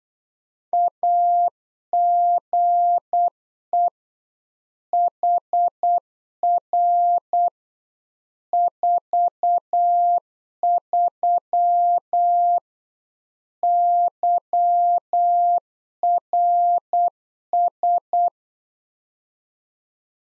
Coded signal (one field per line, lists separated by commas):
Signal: Morse code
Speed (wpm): 8 wpm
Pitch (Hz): 700 Hz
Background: none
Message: AGE HR 43 YRS